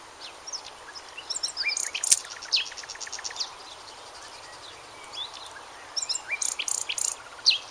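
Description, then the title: Bird song opening with twitters and a fast rattling trill, falling quiet midway, then sharp high chirps returning toward the end over faint hiss. "LuckyPassaro Completos2Sama"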